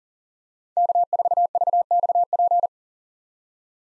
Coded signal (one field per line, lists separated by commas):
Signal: Morse code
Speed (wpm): 37 wpm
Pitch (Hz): 700 Hz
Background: none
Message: K4VXP